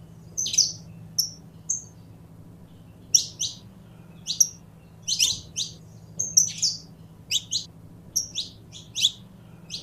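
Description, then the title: Domestic canary song of clipped high whistles and fast falling sweeps, delivered in loose clusters with short gaps, against a constant low-pitched hum. Portuguese canary breed. "Kenari Portugis"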